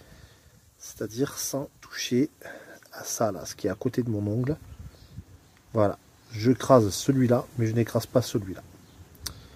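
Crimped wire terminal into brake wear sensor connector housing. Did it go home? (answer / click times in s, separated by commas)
yes / 9.3 s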